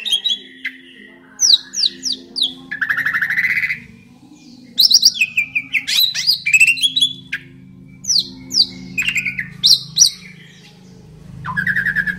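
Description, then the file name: Asian pied starling song, a busy run of whistled, slurred and harsh notes in quick bursts with short pauses, over a steady low hum. Described as a champion bird. "suara burung jalak suren juara"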